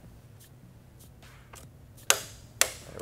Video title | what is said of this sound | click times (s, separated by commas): How to install Frame Sliders on a 2018+ Kawasaki Ninja 400 by TST Industries | very audible click on this torque wrench there we go | 2.1 s, 2.6 s